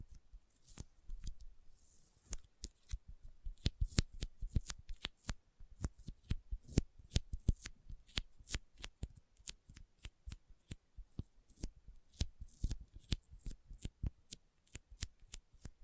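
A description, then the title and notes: Sticky fingers pull apart again and again, giving sharp tacky clicks and pops in a fast, uneven run across the whole clip. Some snaps land hard, others are soft, and now and then a faint airy hiss rises between them. Nothing else is heard. ASMR Intense Sticky Finger Sounds (No Talking).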